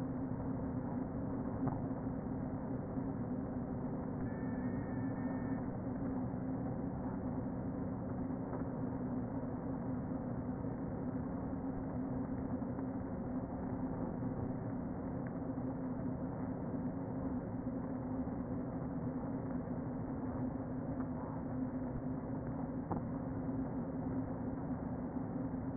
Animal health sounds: honeybee colony, microphone inside the hive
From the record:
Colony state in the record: queen present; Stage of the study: before two queens were removed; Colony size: about 60,000 bees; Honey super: yes

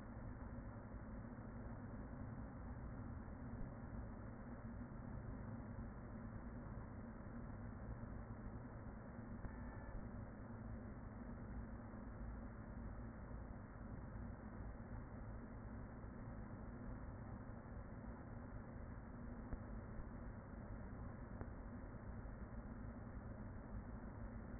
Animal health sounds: honeybee colony, microphone inside the hive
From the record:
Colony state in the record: queen present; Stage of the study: after two queens were removed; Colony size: about 40,000 bees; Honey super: no

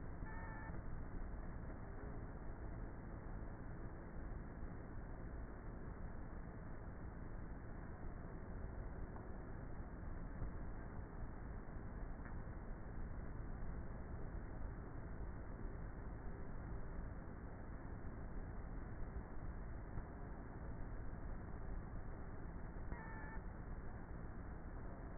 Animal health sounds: honeybee colony, microphone inside the hive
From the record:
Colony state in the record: queenless with a low population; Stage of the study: before two queens were removed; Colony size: about 30,000 bees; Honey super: no

